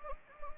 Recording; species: mosquito wingbeat signal from an infrared sensor; Anopheles gambiae